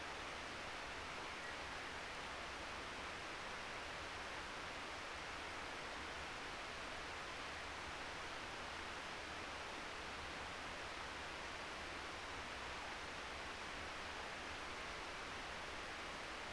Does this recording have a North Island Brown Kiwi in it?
no